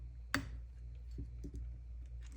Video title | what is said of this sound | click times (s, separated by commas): Savage Axis Upgrade! | can be a little tricky sometimes but once you get it started uh they generally just kind of snap into place so | 0.3 s